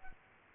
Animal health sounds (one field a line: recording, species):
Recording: mosquito wingbeat signal from an infrared sensor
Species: Culex pipiens